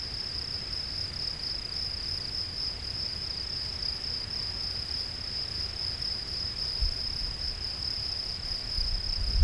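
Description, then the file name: Field cricket singing a continuous high, pulsing chirp at an even pitch, unbroken for the whole stretch over a soft low rumble. "Gryllus campestris"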